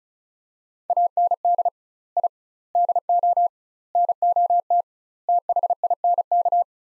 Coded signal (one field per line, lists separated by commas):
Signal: Morse code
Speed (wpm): 36 wpm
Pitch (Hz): 700 Hz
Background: none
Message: AND I DO NOT THINK